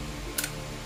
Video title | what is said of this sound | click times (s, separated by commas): How I disassemble & reassemble my Glock17 gen5 (Tagalog Version) VLOG 012 | ba p may nar na kayong nag-click na ganon tulak niyo na lang Okay na yan tapos | 0.4 s